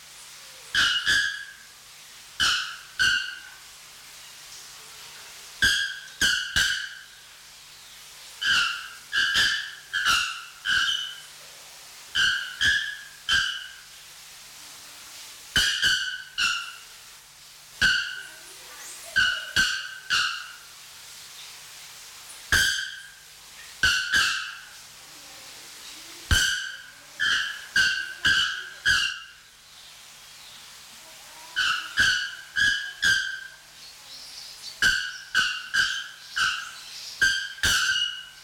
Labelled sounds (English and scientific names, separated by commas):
Bare-throated Bellbird (Procnias nudicollis)